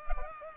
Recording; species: mosquito wingbeat signal from an infrared sensor; Culex pipiens